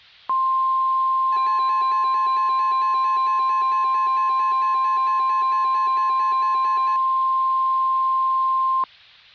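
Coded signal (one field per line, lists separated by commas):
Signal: Emergency Alert System (SAME) tones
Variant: 1050 Hz attention tone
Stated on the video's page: Fictional, hypothetical EAS scenario about tornadoes, not a real alert.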